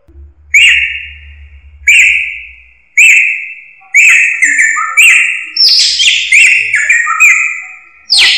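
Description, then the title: Drongo calls: loud whistled notes at mid-high pitch, repeated about once a second, later mixed with higher, harsher varied notes; a low hum early on. "Suara Srigunting Dari Hobiburung"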